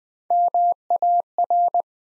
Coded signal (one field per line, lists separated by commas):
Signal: Morse code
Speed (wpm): 20 wpm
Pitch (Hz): 700 Hz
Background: none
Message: MAR